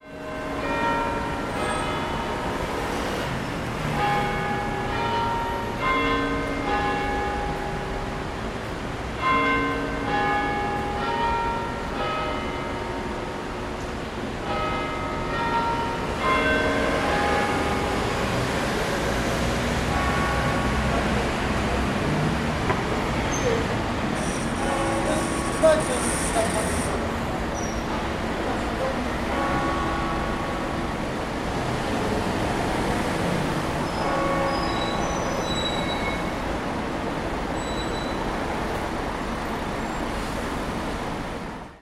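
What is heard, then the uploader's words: Church bells ring out in a quick, regular peal, their tones overlapping and hanging in the air over a steady roar of traffic. The ringing is densest in the first twenty seconds, then thins, with a brief high hiss around twenty-five seconds. Sounds of UCL: Bells near Central House (St Pancras Parish Church).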